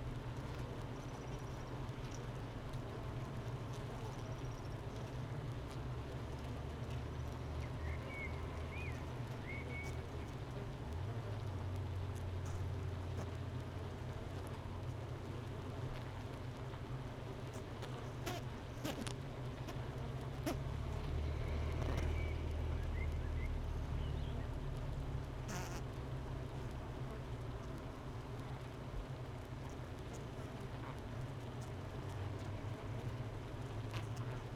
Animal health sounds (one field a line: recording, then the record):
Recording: honeybee colony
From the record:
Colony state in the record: missing queen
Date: 31 May 2018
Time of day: 9:11